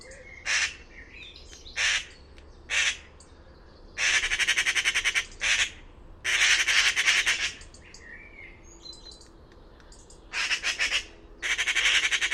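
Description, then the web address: Bird giving harsh, rasping squawks in short bursts and longer pulsed runs, with brief quiet gaps and faint chirps in between. "cianscape birddata Deverinetal 2025"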